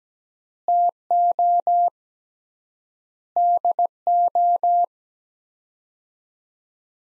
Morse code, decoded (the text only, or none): TO DO